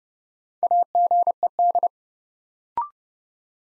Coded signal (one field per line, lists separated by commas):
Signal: Morse code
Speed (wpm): 30 wpm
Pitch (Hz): 700 Hz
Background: none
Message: AGED